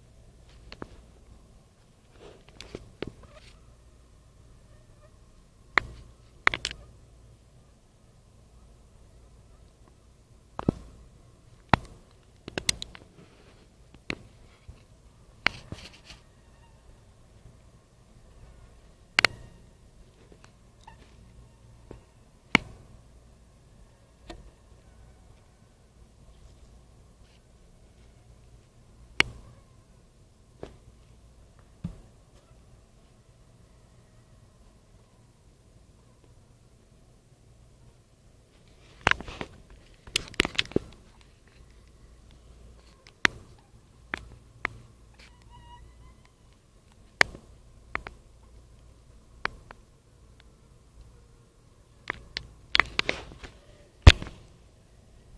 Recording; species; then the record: mosquito flight sound by mobile phone; Anopheles minimus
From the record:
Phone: Nokia 5235